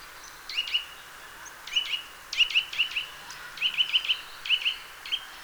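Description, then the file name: Eurasian nuthatch uttering sharp, high notes singly, in pairs and in threes, spaced irregularly throughout, with a light background hiss. "Sitta europaea"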